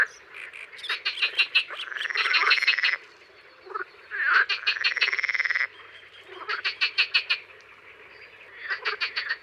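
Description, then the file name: Marsh frogs croaking in rapid pulsed bursts, with drawn-out rattling trills between them and several frogs overlapping in a loud chorus. Recorded in Isère, France. "Grenouilles-vertes-rieuses-Concerts-naturels-de-l Isere-Studio-Les-Trois-Becs"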